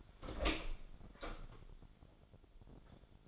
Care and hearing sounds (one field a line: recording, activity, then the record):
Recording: daily activity, microphone in the room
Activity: open door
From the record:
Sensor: 5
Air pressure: 1007.3 hPa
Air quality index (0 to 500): 163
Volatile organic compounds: 4 ppm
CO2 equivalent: 1566 ppm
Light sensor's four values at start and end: 56/157/61/61 and 56/159/62/62